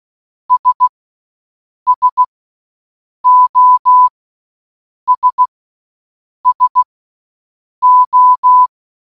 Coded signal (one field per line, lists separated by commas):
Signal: Morse code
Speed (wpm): 16 wpm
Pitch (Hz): 1000 Hz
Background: none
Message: S SOS SO